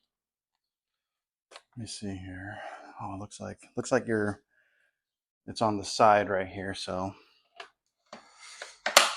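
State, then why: Seated. A plastic part is pushed onto the side of a leaf blower body after someone talks while locating the mounting point. Small handling clicks follow, then sharp snaps at 8.9 s and 9.0 s as the part clicks into place and is seated.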